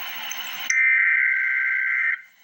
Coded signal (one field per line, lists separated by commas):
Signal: Emergency Alert System (SAME) tones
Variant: header bursts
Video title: Emergency Alert System - Tornado Watch - Apr 2, 2025 at 9:16 PM EDT